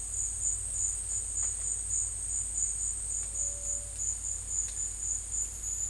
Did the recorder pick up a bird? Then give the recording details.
no. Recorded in secondary vegetation near Puerto Asís, Putumayo, Colombia, on 20 December 2024 at 13:00. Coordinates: 0.481, -76.318. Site G042